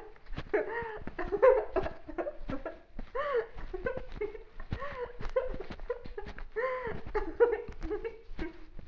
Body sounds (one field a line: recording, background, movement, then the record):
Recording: laughter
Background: quiet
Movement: walking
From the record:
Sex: female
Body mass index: 18.8 kg/m2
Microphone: on the chest, facing outward